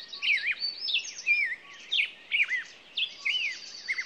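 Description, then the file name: Songbirds giving wavering whistled phrases about once a second, with faint higher trills overlapping. Morning songbirds. "Echoes Of Nature-Morning Songbirds"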